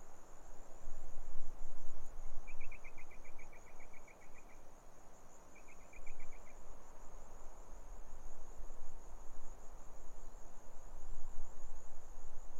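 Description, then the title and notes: Grasshopper stridulation, a high rhythmic pulsing buzz throughout, while a bird gives two quick chattering trills early on, over strong blustery wind. Grasshoppers stridulating on a lukewarm autumn afternoon, 6 May 2015, arid Barrier Ranges near Broken Hill, Australian outback; wind through desert she-oaks, sparse bird song. "Autumn) Quiet Afternoon In The Barrier Ranges. Grasshoppers stridulate, sparse bird song reverberates across the arid hills while the ever-present wind sings through the desert she-oaks. Recorded on a lukewarm afternoon in the Australian outback, not far from the "city" of Broken Hill. 6th of May, 2015"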